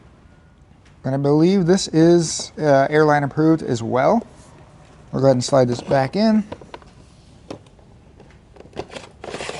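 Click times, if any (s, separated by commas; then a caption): 9.2 s. Someone talks, then the removable lithium-ion battery pack is slid back into its slot in the frame of a Dashmoto Dash 3 portable mobility scooter, with a few short knocks and scrapes. The battery clicks into place at 9.2 s, seated and installed again.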